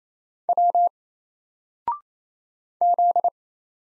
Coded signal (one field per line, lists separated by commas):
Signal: Morse code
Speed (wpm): 28 wpm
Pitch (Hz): 700 Hz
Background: none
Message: W Z